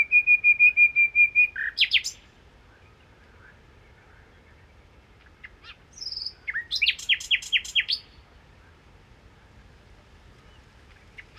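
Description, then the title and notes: Common nightingale song: a rapid row of pure piping notes ending in a flourish, a long pause, then a whistle and a fast repeated chattering burst. Song recorded 1 May 2019 in the Crau, Bouches-du-Rhône, France, on a Nagra recorder comparing cardioid and omnidirectional microphones. "Crau - Bouches du Rhône. Rossignol philomèle"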